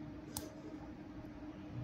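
A 3D-printed resin action-figure limb is pushed into its ball or peg articulation joint over a steady low background hum. A single short, sharp snap at 0.4 s shows it seating, though the fit is very loose.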